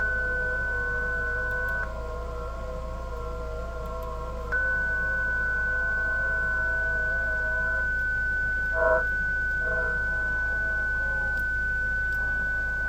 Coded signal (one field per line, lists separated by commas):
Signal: FT8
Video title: i think ft8 software possibly is shady 🤔